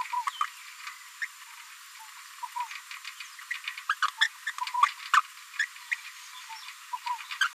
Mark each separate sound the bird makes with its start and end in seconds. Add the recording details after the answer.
0.41-0.44, 1.22-1.25, 3.89-3.95, 4.02-4.07, 4.21-4.28, 4.46-4.51, 4.82-4.86, 5.13-5.21, 5.59-5.65, 5.91-5.94, 7.41-7.48. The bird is a female. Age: 27 days. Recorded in a nest box in Venezuela. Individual 17B73B2